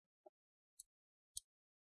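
An opening tool is wedged between the plastic bottom cover and the palm rest of a Lenovo IdeaPad 3 14ITL6 laptop and twisted outward along the left side. The plastic retaining clips pop loose with three sharp clicks at 0.3, 0.8 and 1.4 seconds: the first is a softer, lower snap, and the last two are brighter and louder, the final one with a low thump. The bottom cover clips are released from the palm rest.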